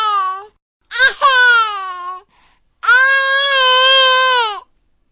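Three high-pitched, tonal infant cry bursts over about five seconds, the last one long and sustained, with short silent gaps between. Plain baby crying.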